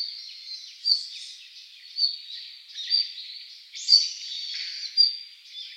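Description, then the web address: Red-flanked bluetail calls, high thin notes given about once a second, with softer chattering between them. Recorded 3 December 2014. "birdenaga ruribitaki"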